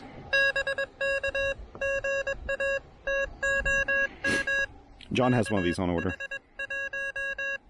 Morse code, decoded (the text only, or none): BK GA TOM KH1